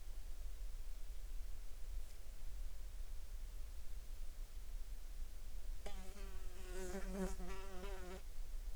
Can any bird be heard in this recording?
no